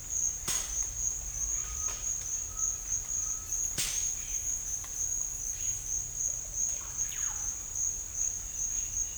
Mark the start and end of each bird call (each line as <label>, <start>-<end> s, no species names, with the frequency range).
bird call (1.1-1.8 kHz), 1.54-2.11 s
bird call (1.0-1.6 kHz), 2.50-3.50 s
bird call (0.7-4.2 kHz), 6.70-7.40 s